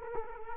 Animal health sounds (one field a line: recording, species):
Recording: mosquito wingbeat signal from an infrared sensor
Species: Culex quinquefasciatus